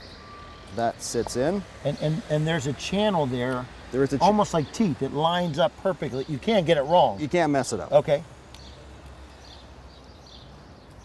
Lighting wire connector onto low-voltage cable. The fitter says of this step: it on hear the click